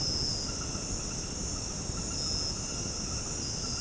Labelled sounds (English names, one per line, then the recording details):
none
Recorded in dense forest near Puerto Asís, Putumayo, Colombia, on 20 February 2024 at 22:30
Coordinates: 0.486, -76.316
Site G6437